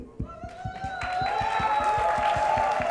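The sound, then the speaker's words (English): An audience at a live show claps in a steady, fast rhythm, about five claps a second, while a sustained whistling tone slowly rises in pitch and swells louder over the top. “When you see a crazy act, you are clapping.”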